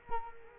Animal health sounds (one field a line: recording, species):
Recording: mosquito wingbeat signal from an infrared sensor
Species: Culex quinquefasciatus